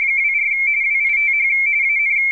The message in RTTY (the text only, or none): 24 WITH AN